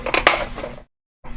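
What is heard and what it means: A snap fastener on a vintage Lesney diecast toy carry case is pressed shut from a different direction after a first attempt. A creak builds into a sharp snap at 0.3 s, then after a short silence a fainter click comes near 1.4 s. The lid snaps shut and the fastener still holds.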